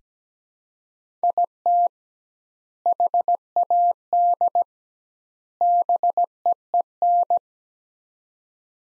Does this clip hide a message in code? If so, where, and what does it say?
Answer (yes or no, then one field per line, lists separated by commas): yes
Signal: Morse code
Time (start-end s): 1.2-7.4 s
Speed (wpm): 17 wpm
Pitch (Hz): 700 Hz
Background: none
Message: IT HAD BEEN